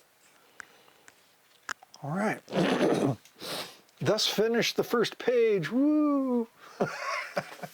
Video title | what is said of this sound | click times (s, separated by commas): Space Shuttle Launch System Day 1 | It should make a nice click sound. | 0.6 s, 1.7 s